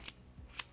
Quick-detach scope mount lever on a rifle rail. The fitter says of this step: and then just lock it on, and you're good to go.